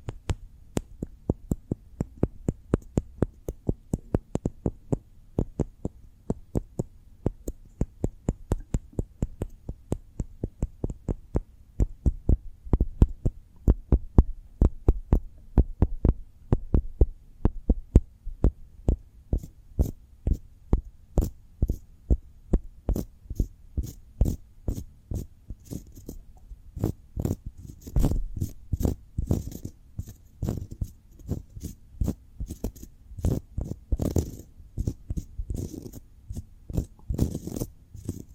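Cork triggers made up of rapid, evenly spaced taps and clicks that run without pause for the whole clip. The taps have a dull, low thud with a crisp top, growing heavier and more clustered in the final third.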